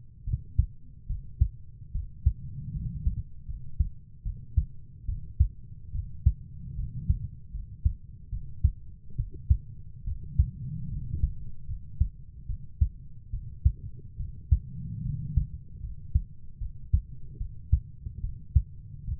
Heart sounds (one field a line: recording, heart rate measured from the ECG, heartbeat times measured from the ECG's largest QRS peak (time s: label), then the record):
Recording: heart sounds by stethoscope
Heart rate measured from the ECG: 73 bpm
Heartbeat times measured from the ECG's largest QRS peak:
0.25 s: heartbeat
1.08 s: heartbeat
1.93 s: heartbeat
2.74 s: heartbeat
3.47 s: heartbeat
4.24 s: heartbeat
5.07 s: heartbeat
5.93 s: heartbeat
6.77 s: heartbeat
7.53 s: heartbeat
8.31 s: heartbeat
9.17 s: heartbeat
10.05 s: heartbeat
10.90 s: heartbeat
11.67 s: heartbeat
12.47 s: heartbeat
13.32 s: heartbeat
14.18 s: heartbeat
15.03 s: heartbeat
15.82 s: heartbeat
16.60 s: heartbeat
17.39 s: heartbeat
18.22 s: heartbeat
19.06 s: heartbeat
From the record:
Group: healthy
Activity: cold pressor test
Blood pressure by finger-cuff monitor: 102/50 mmHg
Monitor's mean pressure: 70 mmHg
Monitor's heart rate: 72 bpm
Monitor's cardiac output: 7.7 L/min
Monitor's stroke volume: 106 mL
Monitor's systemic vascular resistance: 640 dyn s/cm5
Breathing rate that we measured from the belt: 14 breaths a minute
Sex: female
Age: 22 years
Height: 160 cm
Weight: 63 kg